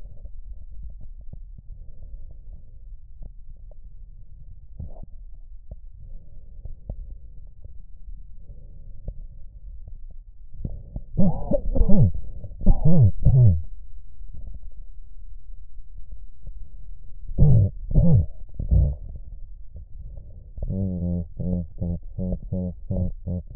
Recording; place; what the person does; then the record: lung sounds by stethoscope; right posterior apical chest; quiet breathing, then cough and speech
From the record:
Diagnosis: none (healthy); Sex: male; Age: 34 years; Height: 174 cm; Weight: 93 kg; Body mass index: 30.7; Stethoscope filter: extended mode